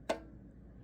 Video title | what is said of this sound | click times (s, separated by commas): How to fix bent pins on an EEC-V Ford PCM and how to prevent bending them | the screw left until you hear it click, | 0.1 s